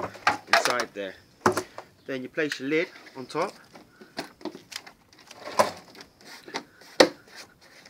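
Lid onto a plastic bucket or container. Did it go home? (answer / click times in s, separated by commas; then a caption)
yes / 7.0 s. A plastic lid is set on top of a maggot-farm container and pressed down while someone talks. Several soft knocks and handling sounds follow, then a sharp click at 7.0 s as the lid snaps shut and seats on the container.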